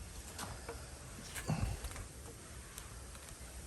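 An old pool filter cartridge is pushed onto its seat in the filter housing, with low, muffled pressing thumps around 1.5–1.9 s and a brief sharp tick at 2.8 s over steady background noise. Nothing has seated or clicked yet; the cartridge has not popped into place.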